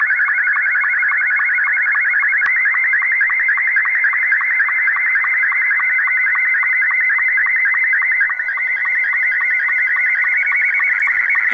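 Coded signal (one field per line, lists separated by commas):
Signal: SSTV (slow-scan television)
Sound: warbling, buzzing tone steadily scanning with rapid regular clicking sync beats throughout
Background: radio static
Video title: SSTV - 14230 KHz USB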